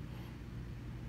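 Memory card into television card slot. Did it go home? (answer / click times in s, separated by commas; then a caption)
no / none. A small memory stick card is being handled at the card slot on the front of a Sony Trinitron 36" High Definition VEGA CRT television, model KD-36XS955. A low steady hum fills most of the clip before a louder low thump rises at about 1.1 s as it ends. Nothing has seated or clicked yet.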